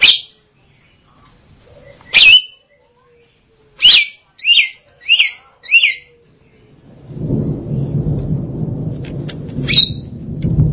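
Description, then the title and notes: Javan myna song: scratchy, buzzy notes and a quick run of four paired chirps, followed by a steady low rumbling noise in the background. "Jalak Kebo. Kicau Burung Jalak"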